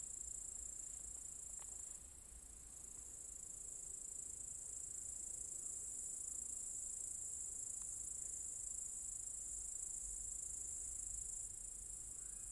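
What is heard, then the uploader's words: Cicadas in an apple orchard keep up a steady, dense, high-pitched buzz for the whole recording, barely changing in level. A low, soft rumble sits underneath, and a couple of faint brief clicks come through, near two seconds and eight seconds. Cicadas Zalensų Sodybos, Lithuania. Cicadas in a apple tree orchard. Cicadas (Zalensų Sodybos, Lithuania, August 23rd, 2015).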